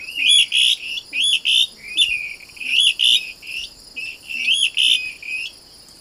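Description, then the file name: Blackish rail calling in sharp, squealing whistled phrases, loud and rhythmic, over a constant high buzzing background. "canto da saracura do banhado"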